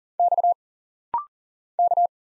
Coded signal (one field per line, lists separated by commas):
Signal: Morse code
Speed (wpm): 40 wpm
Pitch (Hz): 700 Hz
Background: none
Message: X K